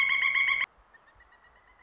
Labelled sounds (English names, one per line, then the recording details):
Pileated Woodpecker
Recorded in Sonoma County, California